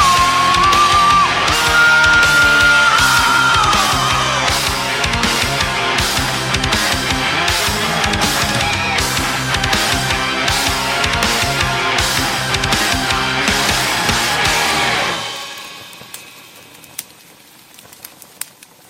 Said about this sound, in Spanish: con ese power metal, con esos toques folk, pues bastante aceptable